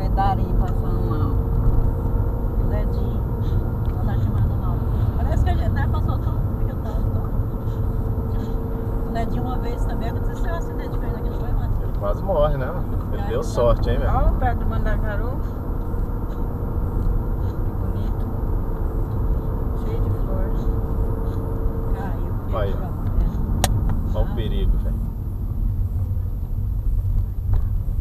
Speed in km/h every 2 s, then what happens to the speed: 62, 68, 69, 65, 64, 68, 67, 67, 75, 70, 69, 67, 30, 24.
0-3 speeds up to 69. 3-16 steady at about 67. 16-28 brakes to 24.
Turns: 5-24.